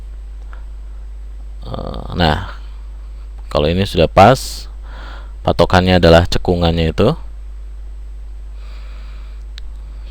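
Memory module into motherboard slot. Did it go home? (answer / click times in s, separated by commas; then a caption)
yes / 9.6 s. A memory module, lined up by its notch, is pressed into a motherboard slot until it locks. Someone talks for most of the clip, and then a sharp click is heard at 9.6 seconds as the module seats in the slot.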